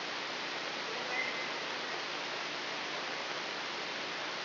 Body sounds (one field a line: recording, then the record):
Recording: brain microelectrode recording played as sound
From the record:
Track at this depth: inside the subthalamic nucleus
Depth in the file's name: 3.908 mm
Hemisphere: left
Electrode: 3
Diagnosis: Parkinson's disease